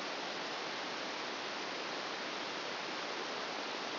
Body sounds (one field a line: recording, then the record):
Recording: brain microelectrode recording played as sound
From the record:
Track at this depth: outside the subthalamic nucleus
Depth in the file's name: 2.573 mm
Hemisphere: left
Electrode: 2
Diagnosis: Parkinson's disease